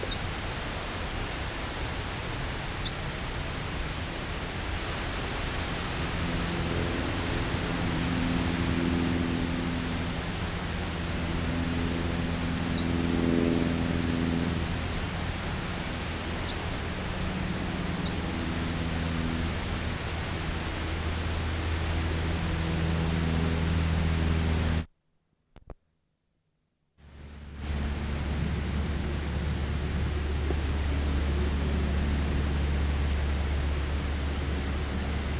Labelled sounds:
Coal Tit call
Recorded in the wild
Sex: pair
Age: adult
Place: Garmisch-Partenkirchen, Bayern, DE
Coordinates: 47.4975, 11.1294
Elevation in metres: 993
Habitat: mountains
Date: 1980-03-29
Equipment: Uher 4000 Report, Sennheiser MKH 815 T
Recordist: Tretzel, Erwin

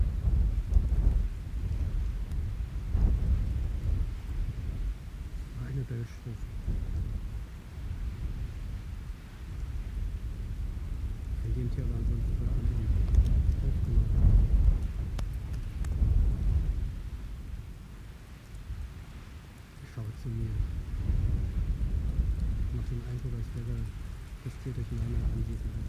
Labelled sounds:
Arctic Fox
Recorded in the wild
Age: adult
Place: Insel Mednyi, Kommandeur-Inseln, RU
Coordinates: 54.5167, 168.083
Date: 1999-07-01 18:54
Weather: starker Westwind, 10°C
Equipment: Sony WM-D6C, Sennheiser MKH 70, Windkorb, Kopie Sony TCD-D8
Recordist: Frommolt, Karl-Heinz

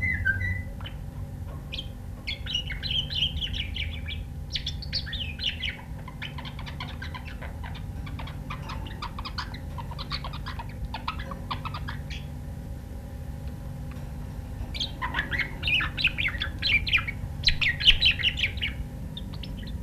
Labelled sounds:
Budgerigar
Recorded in captivity
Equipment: Halbspur, 9,5 cm/s
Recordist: Lütgens, Hans
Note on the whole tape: Wellensittich 4 singend

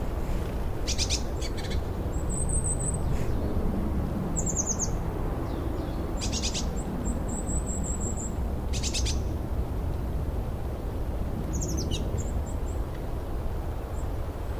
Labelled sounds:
Eurasian Blue Tit call
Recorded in the wild
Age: adult
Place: Goriner Forst, Barnim, Brandenburg, DE
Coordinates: 52.7019, 13.4931
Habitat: coniferous forest
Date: 2012-11-04 14:38
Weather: 10°C, cloudy, week winds
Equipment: Sound Devices 702, Sennheiser MKH 70, Rycote Windschutz
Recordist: Frommolt, Karl-Heinz

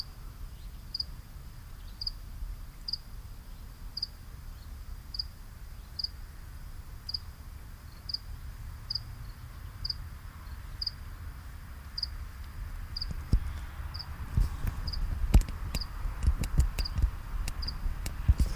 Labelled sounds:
House Cricket stridulation
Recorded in the wild
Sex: male
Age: imago
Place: Botanische Anlage Blankenfelde, Berlin, DE
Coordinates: 52.603, 13.4
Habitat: am Treibhaus
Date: 1997-08-10 18:38
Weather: 25°C, heiter
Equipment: Sony MD-WM MZ-R3, Sennheiser MKH 416 T, Kopie Uher 4000 Report Monitor
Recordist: Tembrock, Günter

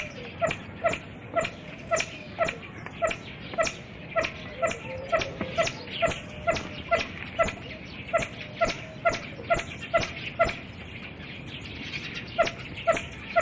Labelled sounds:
Swinhoe's Pheasant call
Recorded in captivity
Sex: male
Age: adult
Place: Zoo Leipzig, Sachsen, DE
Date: 1965-03-26 16:00
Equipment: R 21
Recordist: TSA

